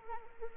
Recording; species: mosquito wingbeat signal from an infrared sensor; Anopheles arabiensis